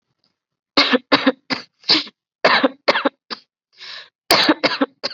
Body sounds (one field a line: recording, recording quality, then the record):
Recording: shallow voluntary cough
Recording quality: excellent, no background noise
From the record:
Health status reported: COVID-19 positive, mild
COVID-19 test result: positive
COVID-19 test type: RT-PCR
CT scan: not taken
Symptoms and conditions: cough, fever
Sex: female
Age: 19 years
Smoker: no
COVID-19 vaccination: both doses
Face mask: worn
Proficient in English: yes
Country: India